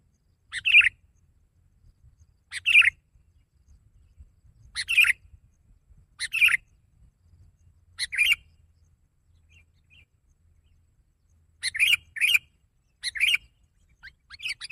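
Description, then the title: Sooty-headed bulbul song: short bubbly phrases of two or three notes, repeated at irregular intervals, with a soft low rumble underneath. "kutilang"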